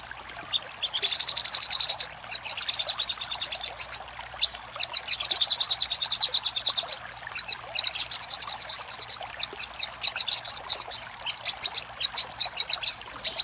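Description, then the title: Little spiderhunter: long bursts of shrill, rapidly repeated high notes, broken by short gaps. Master recording for training cage birds; labelled labaik. "Masteran Burung Sogok Ontong Labaik"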